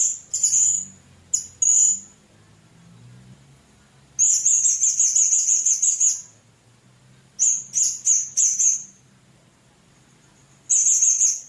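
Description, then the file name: Blue-crowned hanging parrot producing sharp, very high trilled calls, short notes at first, then long chattering runs and clipped bursts, with a faint low rumble underneath. "serindit"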